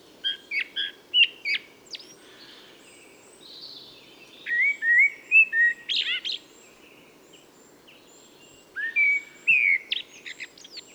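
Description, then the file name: Common blackbird song: several leisurely phrases of low, mellow whistles mixed with scratchy high chatter, separated by short pauses. "Turdus merula"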